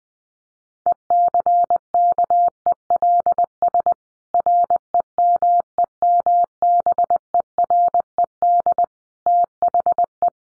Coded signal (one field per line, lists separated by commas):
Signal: Morse code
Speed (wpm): 20 wpm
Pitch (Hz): 700 Hz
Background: none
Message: ECKELS REMEMBERED THE